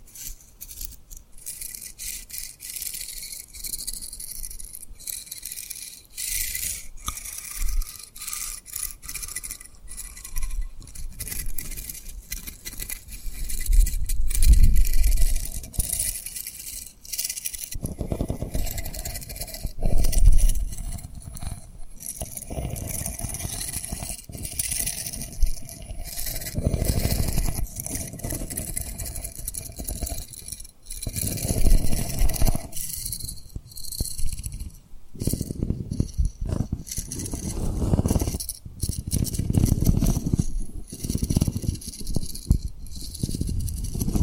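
Tapping and rubbing on a rhinestone surface, with bursts of scratchy, rasping friction alternating with quieter gaps. Sharp clicks and taps scatter throughout, and the rubbing grows denser and fuller in its low end after about fifteen seconds, continuing in uneven strokes to the end.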